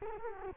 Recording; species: mosquito wingbeat signal from an infrared sensor; Culex quinquefasciatus